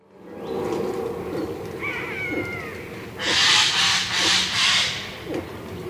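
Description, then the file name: Eurasian jay harsh screeching, three rasping bursts in quick succession, preceded by a brief thin whistle. "Garrulus glandarius"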